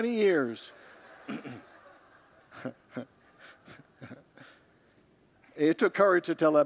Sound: congregants laugh